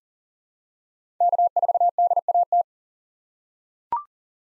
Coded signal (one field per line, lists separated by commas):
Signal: Morse code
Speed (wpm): 37 wpm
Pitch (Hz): 700 Hz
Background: none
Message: K4DAT